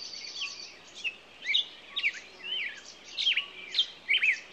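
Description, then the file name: Songbirds giving short bright whistles and sharp chirps, about two notes a second, with a thin high trill behind them and gentle hiss. Morning songbirds. "Echoes Of Nature-Morning Songbirds"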